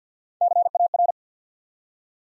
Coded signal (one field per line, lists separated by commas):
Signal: Morse code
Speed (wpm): 52 wpm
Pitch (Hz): 700 Hz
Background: none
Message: CAR